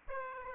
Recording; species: mosquito wingbeat signal from an infrared sensor; Aedes aegypti